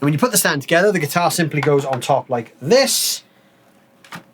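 Someone talks while an Enya NEXG2 guitar is lowered onto the top of its assembled three-leg stand, which also serves as its charging cradle. After the talking stops, there is low background noise and a brief faint tap at about 4.1 s. The guitar has not yet locked into the stand, and nothing has seated or clicked.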